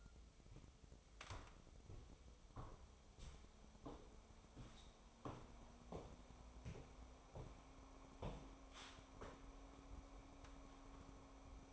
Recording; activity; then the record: daily activity, microphone in the room; walk to room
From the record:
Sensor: 1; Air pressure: 988.2 hPa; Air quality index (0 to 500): 193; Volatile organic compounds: 848 ppm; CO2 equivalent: 5169 ppm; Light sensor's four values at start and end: 26/98/37/39 and 26/96/36/38